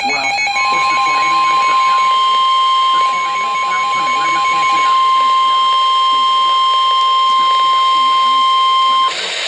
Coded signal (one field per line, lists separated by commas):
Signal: Emergency Alert System (SAME) tones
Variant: 1050 Hz attention tone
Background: speech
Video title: NOAA - Tornado Warning & Flood Warning (EAS #889 - 890)